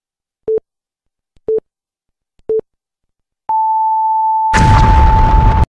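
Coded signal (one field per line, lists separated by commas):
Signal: radio time signal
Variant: time pips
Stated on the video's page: Time signal in Minecraft.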